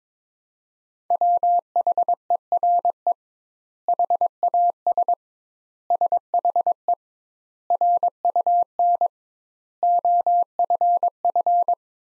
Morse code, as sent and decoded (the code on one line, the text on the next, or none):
.-- .... . .-. . / .... .- ... / ... .... . / .-. ..- -. / --- ..-. ..-.
WHERE HAS SHE RUN OFF